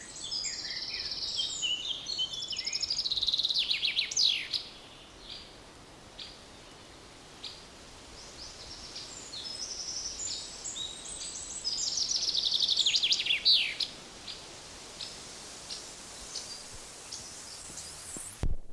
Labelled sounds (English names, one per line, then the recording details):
Eurasian Wren
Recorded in the wild
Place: Mühlenbeck, Brandenburg, DE
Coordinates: 52.667, 13.37
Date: 1992-06-08 10:39
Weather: sonnig (heiter) 21-22°C, böiger Wind
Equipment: Nagra SN, Mikrofon AKG CK 8, Kopie Tesla B 116
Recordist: Tembrock, Günter